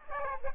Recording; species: mosquito wingbeat signal from an infrared sensor; Aedes aegypti